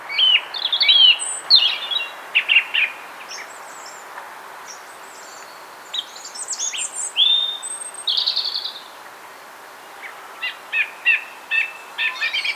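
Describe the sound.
Thrush calls: a rapid mix of high whistled and chattering notes in short bursts with pauses, sharp chirps near the end; faint background hiss.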